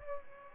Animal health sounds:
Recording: mosquito wingbeat signal from an infrared sensor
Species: Aedes albopictus

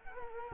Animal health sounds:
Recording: mosquito wingbeat signal from an infrared sensor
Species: Culex quinquefasciatus

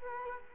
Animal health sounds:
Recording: mosquito wingbeat signal from an infrared sensor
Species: Culex quinquefasciatus

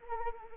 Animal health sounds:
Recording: mosquito wingbeat signal from an infrared sensor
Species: Anopheles arabiensis

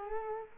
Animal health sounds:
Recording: mosquito wingbeat signal from an infrared sensor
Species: Culex quinquefasciatus

